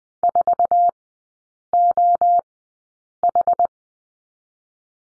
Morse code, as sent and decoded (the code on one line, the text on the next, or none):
....- --- ....
4OH